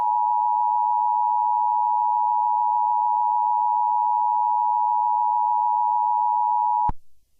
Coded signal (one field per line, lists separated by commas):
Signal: Emergency Alert System (SAME) tones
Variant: 853 and 960 Hz attention tone